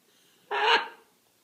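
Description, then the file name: Scarlet macaw giving one loud, harsh, screeching squawk that fades quickly in a quiet background. Hand-reared scarlet macaw chicks from a breeder. "krasnyi ara ara macao rucnye ptency iz pitomnika"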